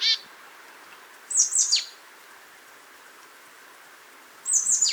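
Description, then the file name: Marsh tit calls: short, high notes dropping in pitch, in two groups a few seconds apart, with a cut-off note at the start. "Poecile palustris"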